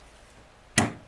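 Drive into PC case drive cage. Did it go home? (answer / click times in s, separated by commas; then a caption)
yes / 0.8 s. A drive is slid all the way into a plastic and metal drive cage in a PC case. After quiet background, a single sharp click at 0.8 s marks the drive latching into place, seated.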